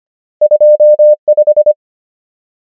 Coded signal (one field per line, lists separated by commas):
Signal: Morse code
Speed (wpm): 25 wpm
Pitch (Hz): 600 Hz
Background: none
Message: 2 5